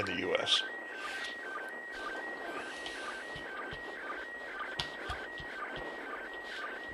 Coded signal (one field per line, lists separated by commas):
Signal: SSTV (slow-scan television)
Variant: PD 120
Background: speech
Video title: Live ISS SSTV pass